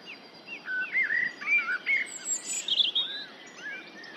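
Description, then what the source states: Common blackbird singing one mellow whistled phrase of varied fluty notes, followed by a thin squeaky high flourish, with a soft hiss behind. Recorded in the UK.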